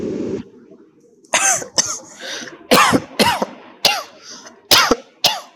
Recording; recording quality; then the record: shallow voluntary cough; excellent, no background noise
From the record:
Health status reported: healthy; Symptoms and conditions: none ticked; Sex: male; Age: 22 years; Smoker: not ticked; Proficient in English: yes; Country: India